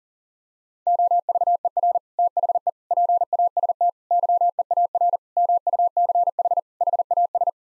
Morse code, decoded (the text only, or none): OVER THE PAST YEAR MUCH HAS